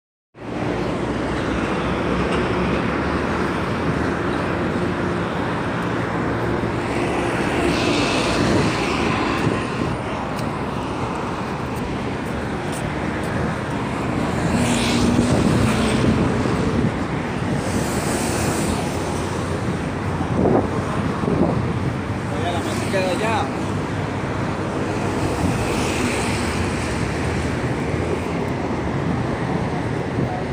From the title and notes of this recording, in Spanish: Tarde en las calles Bogotanas. Las tardes bogotanas llenas de los sonidos típicos de sus calles, los buses y la gente caminando sin parar.